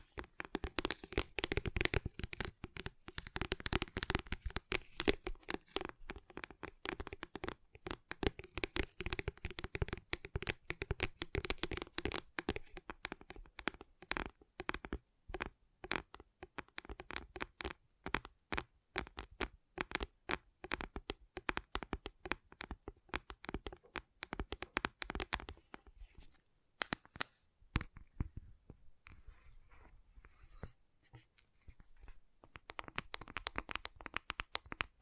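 Gentle tapping in quick, dense runs, soft clicks falling almost continuously with a faint steady low tone beneath during the first half. Around 25 seconds the taps thin out into sparser, quieter strokes, then pick up again near the end.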